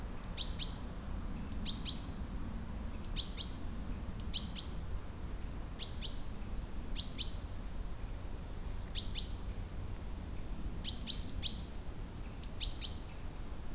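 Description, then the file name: Great tit giving steady repeated call phrases, a high note then paired lower clicking notes, with soft low background noise. "Parus major"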